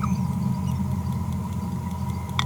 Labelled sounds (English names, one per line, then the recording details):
Green-rumped Parrotlet babbling
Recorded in a nest box in Venezuela
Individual 18B25A3